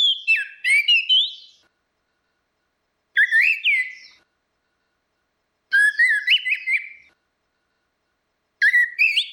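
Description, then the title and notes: Orange-headed thrush singing varied whistled phrases with slurred, rising and falling notes, delivered in bursts of about one and a half seconds, roughly every two and a half seconds. Continuous 'ngeplong' singing, used as a masteran (training) recording for anis kembang (Chestnut-capped thrush). "Suara Burung Anis Merah Ngeplong. Masteran Anis Kembang"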